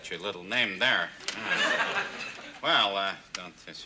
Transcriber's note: laughter